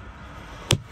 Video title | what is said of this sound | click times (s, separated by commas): J'ai testé 5 accessoires Jowua pour Model 3 et Y. Avis + Code réduction | derrière ils sont vraiment bien clipsés et ensuite le parcil | 0.7 s